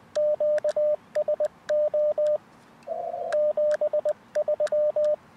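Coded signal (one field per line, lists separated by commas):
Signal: Morse code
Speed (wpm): 20 wpm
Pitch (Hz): 610 Hz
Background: radio noise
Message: QSO 73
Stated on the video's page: Beginner's relaxed 10 MHz CW contacts, exchanging QTH and name, using an inverted-V dipole from a riverbank portable station.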